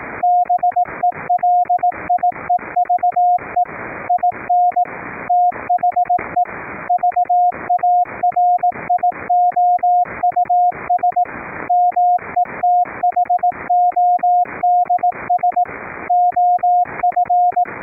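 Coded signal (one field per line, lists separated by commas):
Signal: Morse code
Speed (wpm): 18 wpm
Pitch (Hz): 710 Hz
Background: radio noise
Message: BELIEVE IN THE VARIOUS METHODS OF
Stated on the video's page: CW sent over a LAN via NETJACK1 audio-over-IP to a remote rig, keyed by an audio-derived PTT circuit using RECRI keyer software.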